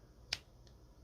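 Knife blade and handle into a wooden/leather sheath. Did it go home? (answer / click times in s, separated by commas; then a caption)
yes / 0.3 s. A knife is pushed into a tight-fitting, hand-made Saami-style wooden/leather sheath and seats with a sharp little click at 0.3 s. A much fainter tick follows at 0.7 s against quiet background noise. The knife is seated in the sheath.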